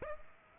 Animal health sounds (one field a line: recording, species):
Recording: mosquito wingbeat signal from an infrared sensor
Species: Aedes aegypti